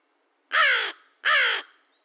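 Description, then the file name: American crow giving two harsh, rasping caws about three-quarters of a second apart, each slightly falling in pitch, with a quiet background. Recorded 2 May 2020; a series of paired caws and one single caw. "2020-05-02 American Crow cawcawsandonecaw"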